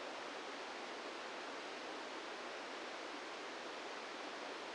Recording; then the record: brain microelectrode recording played as sound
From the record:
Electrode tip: outside the subthalamic nucleus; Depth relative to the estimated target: 1 mm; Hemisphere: right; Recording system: NeuroSet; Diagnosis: Parkinson's disease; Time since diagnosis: 17 years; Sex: male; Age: 64 years